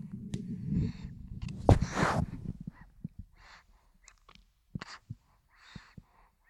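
Soft, airy breath sounds repeat roughly once a second, with a faint low rumble early on and a few small clicks. This is a sleeping baby boy's quiet breathing with light snoring, heard with the microphone held close to his face.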